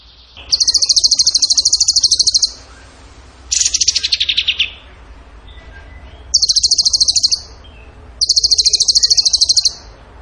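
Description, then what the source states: Bird song: repeated high, machine-gun-like trills, four bursts in ten seconds, one falling in pitch, with quiet gaps between. Vigorous (gacor) singing in the tembakan style, used in masteran training.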